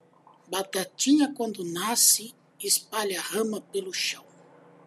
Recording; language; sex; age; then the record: short text; Brazilian Portuguese; male; 50 to 59 years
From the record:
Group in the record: control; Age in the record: 57 years